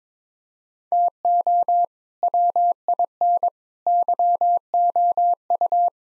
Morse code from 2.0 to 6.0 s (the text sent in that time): WIN YOU